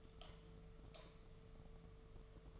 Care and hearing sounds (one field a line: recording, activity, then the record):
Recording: daily activity, microphone in the room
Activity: light off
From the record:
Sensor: 4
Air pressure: 1015.4 hPa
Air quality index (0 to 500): 171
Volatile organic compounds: 7 ppm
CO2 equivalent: 1978 ppm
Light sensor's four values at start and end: 17/40/16/16 and 16/37/15/15